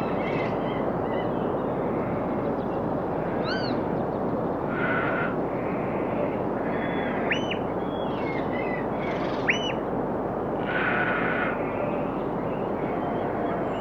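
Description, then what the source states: Birds giving harsh harmonic squawks and two arched, ringing call notes, set against a steady rushing noise. Birds calling on a rocky shoreline.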